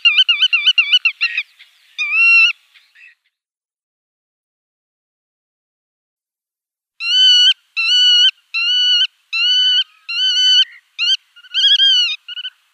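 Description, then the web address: Black-tailed godwit display calls: a burst of rapid notes and a few more, a pause of about four seconds, then a series of strongly harmonic calls. "Schulze Peter Black-tailed Godwit display"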